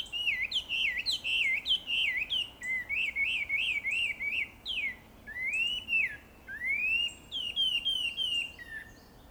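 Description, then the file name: Chinese hwamei song, a rich run of looping whistled notes, repeated wavy phrases followed by long rising slurred whistles and a falling flourish. "gabichou"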